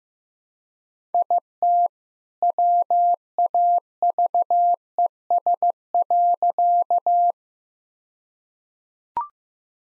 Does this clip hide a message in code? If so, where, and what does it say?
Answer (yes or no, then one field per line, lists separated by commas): yes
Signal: Morse code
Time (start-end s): 1.1-7.3 s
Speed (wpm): 15 wpm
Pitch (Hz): 700 Hz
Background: none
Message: IT WAVES.